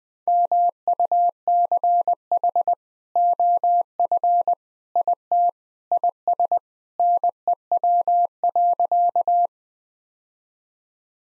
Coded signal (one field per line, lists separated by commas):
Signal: Morse code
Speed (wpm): 20 wpm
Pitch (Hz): 700 Hz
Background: none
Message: MUCH OF IT IS NEW.